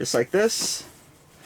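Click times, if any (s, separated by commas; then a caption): none. A removable section of an Asus Ranger backpack is handled as it is brought toward its plastic snap clasp. Someone talks briefly, then there is a faint rustle and quiet handling. Nothing has seated or clicked yet.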